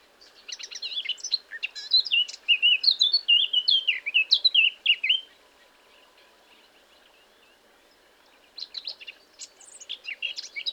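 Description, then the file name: Eurasian blackcap song: a quick scratchy warble climbing into loud, clear fluty whistles, then a pause and a softer second chattering phrase. "Sylvia atricapilla"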